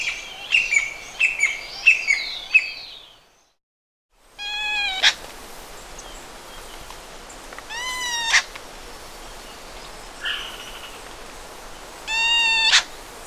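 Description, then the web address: Strong-billed woodcreeper song: loud nasal notes rich in harmonics, each slightly rising, coming in a few seconds apart, after a brief bout of chirping from another bird. Andean bird of South America. "Natures Songs S America Andean Birds. Strong-Billed Woodcreeper (Xiphocolaptes Promeropirhynchus)"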